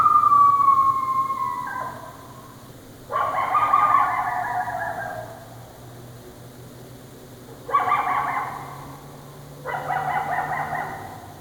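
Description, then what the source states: Coyote calls: a long falling howl, then harsh barking howls in three bursts. Barks and howls.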